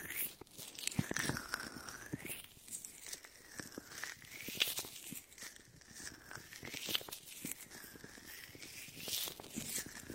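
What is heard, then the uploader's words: Latex-gloved ear massage with shaving foam: dense wet crackling and squishing, with bright sweeping rubs rising and falling every couple of seconds. Latex ear massage with shaving foam for comfort.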